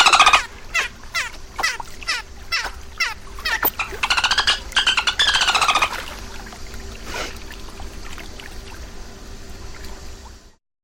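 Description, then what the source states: Dolphin calls: rapid squeaks with rich harmonics, bunching into a dense chattering burst, then fading to softer sounds before silence. At night.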